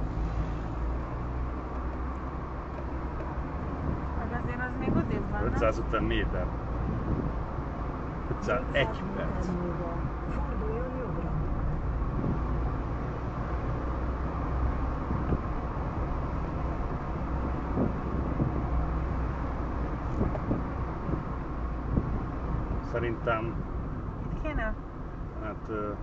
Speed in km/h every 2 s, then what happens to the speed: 34, 41, 45, 45, 48, 45, 45, 50, 52, 50, 49, 44, 36.
0-4 speeds up to 45. 4-12 steady at about 45. 12-15 speeds up to 52. 15-26 slows to 36.